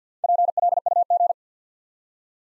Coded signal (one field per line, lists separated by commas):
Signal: Morse code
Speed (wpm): 48 wpm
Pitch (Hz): 700 Hz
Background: none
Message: PLUG